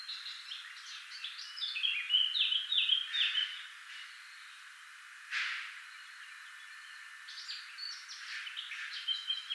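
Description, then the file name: Eurasian blackcap warbling song phrase of quick, jumbled notes, followed by a pause, a brief harsh noise, then another short burst of warbling near the end. "Sylvia atricapilla"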